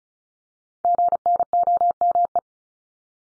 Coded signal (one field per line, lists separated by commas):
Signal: Morse code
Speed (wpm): 36 wpm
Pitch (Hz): 700 Hz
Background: none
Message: GNOME